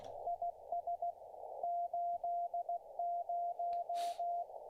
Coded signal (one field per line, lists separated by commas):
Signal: Morse code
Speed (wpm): 16 wpm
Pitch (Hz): 690 Hz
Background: radio noise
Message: IS 80